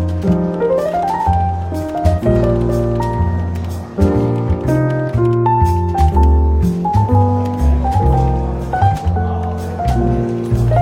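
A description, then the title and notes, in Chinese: Soft jazz plays through a café scene, with a steady walking bass line and mellow chords shifting every second or two. Light clicks and clinks recur throughout, and a low murmur of voices sits faintly beneath the music. 伦敦书店咖啡馆轻微喧闹氛围与柔和轻松的爵士背景音乐。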